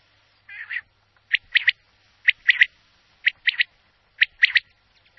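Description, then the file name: Lesser kestrel calls, hoarse rasping double and triple notes repeated about once a second in a regular series. "cernicalo primilla"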